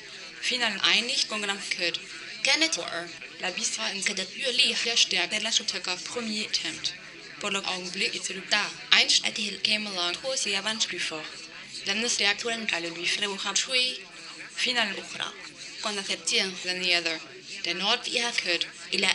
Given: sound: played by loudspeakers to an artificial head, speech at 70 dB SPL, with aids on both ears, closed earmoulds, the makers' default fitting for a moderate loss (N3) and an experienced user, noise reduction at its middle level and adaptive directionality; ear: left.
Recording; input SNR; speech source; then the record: speech test signal (ISTS) in cocktail-party noise; +9 dB; in front (0 degrees)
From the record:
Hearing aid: class 1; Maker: B